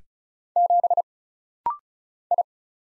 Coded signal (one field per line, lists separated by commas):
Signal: Morse code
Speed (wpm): 36 wpm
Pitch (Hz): 700 Hz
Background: none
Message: 7 I